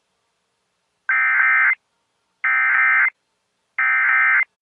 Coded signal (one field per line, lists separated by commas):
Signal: Emergency Alert System (SAME) tones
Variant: end-of-message bursts